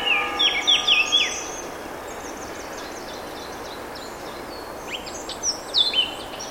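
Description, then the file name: Eurasian blackcap song: a burst of loud, quick whistled and warbled notes, then softer high notes, before more chattering phrases near the end. "Sylvia atricapilla"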